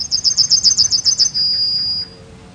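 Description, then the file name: Yellowhammer song: a fast series of about ten high notes followed by a long, drawn-out thin whistle. "Zigolo giallo"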